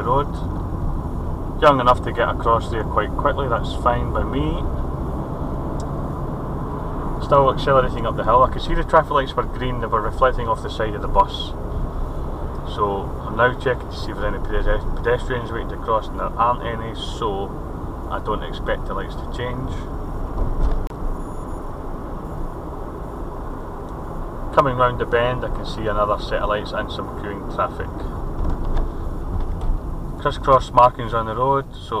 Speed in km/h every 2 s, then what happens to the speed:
32, 35, 39, 42, 37, 37, 37, 37, 37, 37, 40, 42, 42, 40, 34, 21.
0-5 speeds up to 42. 10-25 steady at about 37. 25-32 brakes to 21.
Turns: none.